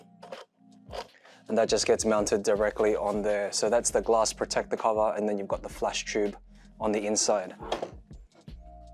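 Someone talks over background music while handling a Godox AD600BM II battery flash, a studio flash head with a glass protector cover and a flash tube inside, as a metal reflector is fitted over the flash tube head. Faint knocks of handling come near the start and again around 8.1 to 8.5 seconds. The reflector has not clicked into place yet.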